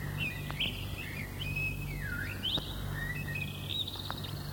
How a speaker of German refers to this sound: Dann ist sie satt gefressen, putzt sich noch ein bisschen das Gefieder, sitzt aufgeplustert auf einem Ast im Schein der untergehenden Sonne und singt. Für unser Menschenohr ist dieser Ruhegesang, wie ihn die Vogelforscher nennen, der schönste.